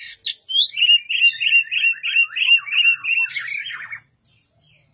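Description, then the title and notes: Oriental magpie-robin song: a series of about ten evenly repeated whistled notes, followed by a jumbled burst and a long, thin, high whistle. Master song for tutoring other birds; the bird is singing vigorously (gacor). "Suara Burung Kacer masteran. burung kacer gacor hebat"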